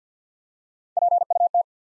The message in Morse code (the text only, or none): PUT